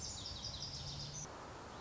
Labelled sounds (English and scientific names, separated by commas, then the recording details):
Lazuli Bunting (Passerina amoena)
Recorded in Sonoma County, California